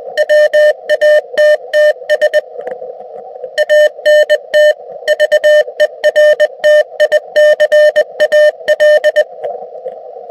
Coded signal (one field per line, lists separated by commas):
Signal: Morse code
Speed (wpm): 19 wpm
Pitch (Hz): 600 Hz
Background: none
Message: WATTS ANT VERTICAL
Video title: Using HAMA / HDMI Video 4K to USB recording Stick